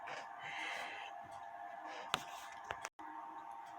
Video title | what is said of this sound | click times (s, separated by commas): Talking about installing bushings in a clock using both cutting broaches/reamers. Using KWM reamers | and it locks into place | 2.1 s